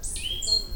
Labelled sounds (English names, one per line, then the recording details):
Stitchbird song
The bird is a male
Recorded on Tiritiri Matangi Island, New Zealand, in 2005
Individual 17, of nest box 25